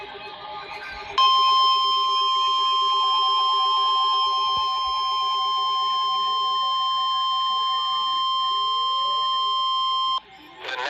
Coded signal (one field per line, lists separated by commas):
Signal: Emergency Alert System (SAME) tones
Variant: 1050 Hz attention tone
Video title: EAS #221 Severe Thunderstorm Warning On NWR